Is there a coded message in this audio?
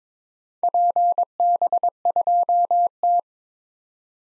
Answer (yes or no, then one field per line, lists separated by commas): yes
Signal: Morse code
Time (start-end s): 0.6-3.2 s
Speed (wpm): 22 wpm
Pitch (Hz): 700 Hz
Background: none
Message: PB2T